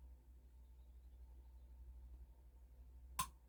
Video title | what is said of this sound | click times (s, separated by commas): OLD JAP 2 stroke engine. First start in 35 years. | There you go. Did you hear that little click? | 3.2 s